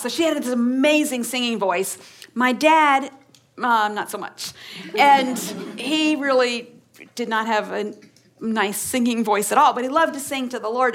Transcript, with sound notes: So she had this amazing singing voice, and my dad... not so much. (laughter) He really did not have a nice singing voice at all, but he loved to sing to the Lord.